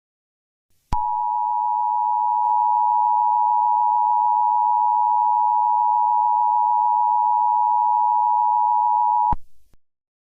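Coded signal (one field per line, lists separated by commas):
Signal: Emergency Alert System (SAME) tones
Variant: 853 and 960 Hz attention tone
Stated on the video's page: Fictional emergency alert system.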